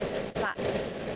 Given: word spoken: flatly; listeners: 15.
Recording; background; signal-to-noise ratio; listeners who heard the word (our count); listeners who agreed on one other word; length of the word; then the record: one English word in noise, from a listening test; noise modulated by three-talker babble; -5.4 dB; 0 of 15; 7 of 15; 0.76 s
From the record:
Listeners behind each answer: 7, 3, 2, 1, 1, 1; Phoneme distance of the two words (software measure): 14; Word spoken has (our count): 2 syllables, 6 phonemes, stress on syllable 1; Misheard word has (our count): 1 syllable, 4 phonemes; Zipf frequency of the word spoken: 2.56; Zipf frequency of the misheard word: 4.99